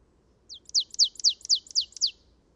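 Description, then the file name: Marsh tit call: a fast series of seven sharp, high, descending chips, evenly spaced over under two seconds, in a quiet setting. "Poecile palustris"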